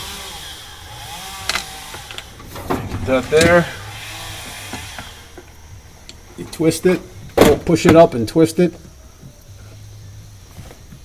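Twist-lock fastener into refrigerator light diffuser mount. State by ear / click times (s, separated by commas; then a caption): not seated / none. A twist-lock fastener is pushed up into the light diffuser mounting of a Sub-Zero 500 series refrigerator and twisted, with someone talking throughout. Brief handling knocks and scrapes are heard, and nothing has seated or clicked yet.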